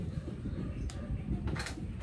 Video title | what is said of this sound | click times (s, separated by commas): NVAs tactical pcp check groupings bago padala | Ito hindi pala na, hindi na-lock to, itong left and right lang, nakalock na. | 0.9 s, 1.5 s